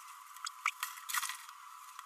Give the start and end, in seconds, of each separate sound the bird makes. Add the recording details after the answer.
0.46-0.49, 0.66-0.70. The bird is a female. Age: 32 days. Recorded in a nest box in Venezuela. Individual 17B32A7